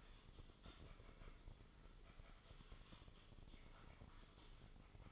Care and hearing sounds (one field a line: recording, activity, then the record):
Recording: daily activity, microphone in the room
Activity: typing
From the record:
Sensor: 4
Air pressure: 996.0 hPa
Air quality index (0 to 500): 64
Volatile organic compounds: 2 ppm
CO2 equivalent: 1142 ppm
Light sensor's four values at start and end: 14/38/14/14 and 14/38/14/14